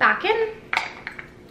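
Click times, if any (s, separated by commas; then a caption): 0.8 s. Someone talks briefly as a new plastic skincare refill pod, swapped in for the empty one, is pressed down into a glass moisturizer jar so the jar can be reused instead of replaced. A sharp click at 0.8 s marks the pod seating into the jar, followed by a few fainter light ticks around 1.1 s and 1.2 s.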